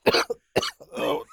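Two short, harsh cough bursts, the first with a quick second catch, are followed by a longer, rougher, voiced throat-clearing sound from an adult. Three expulsive efforts fall within about a second. It is a plain, isolated cough with no wheeze or stridor between bursts.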